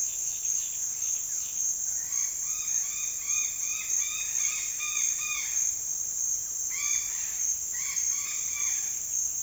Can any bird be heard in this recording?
yes